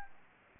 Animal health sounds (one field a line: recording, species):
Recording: mosquito wingbeat signal from an infrared sensor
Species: Anopheles gambiae